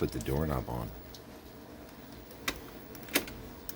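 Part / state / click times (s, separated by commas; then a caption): door knob onto its door mount or spindle / seated / 3.2 s. Someone talks briefly, then a door knob, apparently on a vehicle door, is pressed home onto its door mount or spindle. A few small sharp ticks follow, with the loudest, crisp click at 3.2 s as the knob seats in place.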